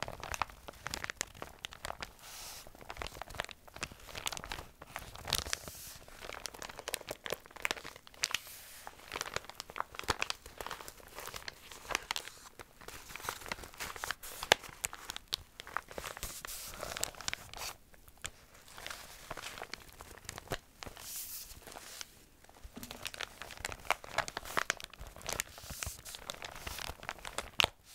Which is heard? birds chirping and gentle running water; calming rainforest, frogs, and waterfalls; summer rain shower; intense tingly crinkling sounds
intense tingly crinkling sounds